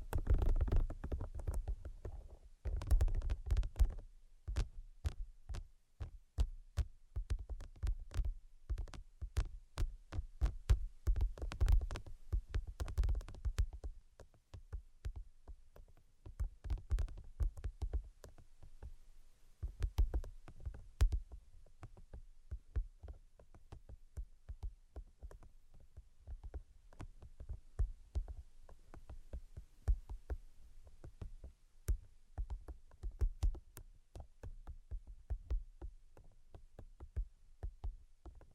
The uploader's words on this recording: ASMR Brain Penetrating 3D Tapping (No Talking).